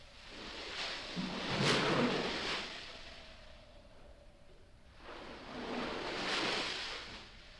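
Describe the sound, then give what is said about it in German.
Two broad swells of crashing surf on a wild sea coast rise and fall in slow succession, a rushing wash of water with a low rumble beneath, fading into a hissing lull between breakers. No voices. “Der lebte seit langer Zeit in einer finsteren Burg an einer wilden Meeresküste.”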